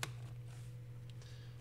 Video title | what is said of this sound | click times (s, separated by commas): lenovo ideapad 300 Repaste and CLEAN UP your Laptop | sure you hear those click sounds once | 0.0 s